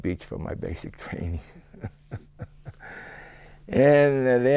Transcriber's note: he laughs